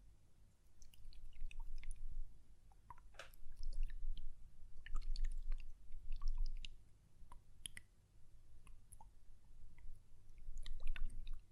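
Glass perfume bottle and lid handled with scattered light taps, clicks and scrapes in irregular bursts, over a low rumbling background throughout.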